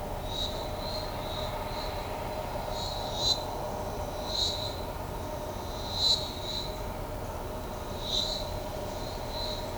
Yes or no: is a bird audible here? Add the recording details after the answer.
no. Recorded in shrubland near Pivijay, Magdalena, Colombia, on 15 April 2023 at 13:30. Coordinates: 10.453, -74.365. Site P5-G022